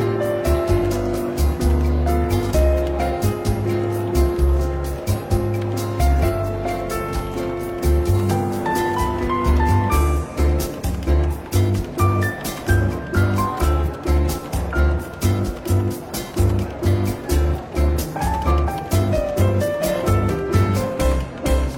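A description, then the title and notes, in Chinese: Soft jazz plays in a bookstore café, with a low bass pulsing in a steady pattern under held mid-range notes. After about ten seconds the rhythm grows busier and more regular, with light taps throughout. A faint murmur of conversation sits behind the music. 伦敦书店咖啡馆轻微喧闹氛围与柔和轻松的爵士背景音乐。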